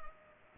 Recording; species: mosquito wingbeat signal from an infrared sensor; Culex pipiens